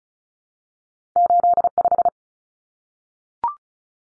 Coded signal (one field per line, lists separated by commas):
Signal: Morse code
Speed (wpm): 34 wpm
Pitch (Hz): 700 Hz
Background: none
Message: 85